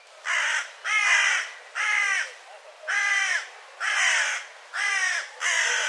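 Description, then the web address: Bird calling with harsh, hoarse caws, about seven drawn-out calls at irregular intervals over six seconds. "cianscape birddata 2025 File cleaned normalized Bird"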